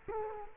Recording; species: mosquito wingbeat signal from an infrared sensor; Culex quinquefasciatus